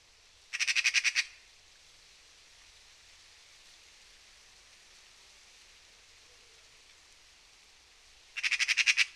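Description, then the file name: Eurasian magpie rattling twice, each burst a rapid run of harsh notes, the second at the very end. "Pica pica"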